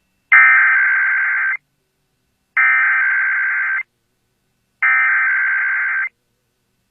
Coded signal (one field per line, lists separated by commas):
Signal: Emergency Alert System (SAME) tones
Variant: header bursts